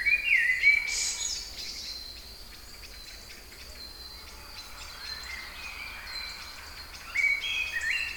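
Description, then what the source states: Songbirds singing, with a bright warbled phrase at the start and another near the end, over a steady high insect-like hum and quiet background. Kouri Forest, Thessaloniki (Salonika), Greece; recorded 22 05 12 at 18:35.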